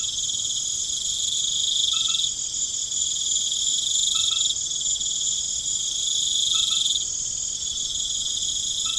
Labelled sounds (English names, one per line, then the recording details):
none
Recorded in pastures near Puerto Asís, Putumayo, Colombia, on 12 March 2025 at 21:30
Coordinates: 0.505, -76.324
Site GP08